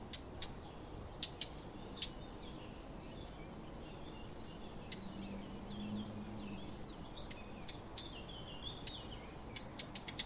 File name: Sylvia atricapilla